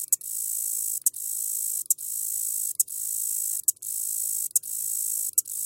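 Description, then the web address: Red-headed meadow katydid producing a continuous high, sizzling buzz, interrupted by brief clicking gaps at short intervals. "The Songs of Insects. Red-headed Meadow Katydid"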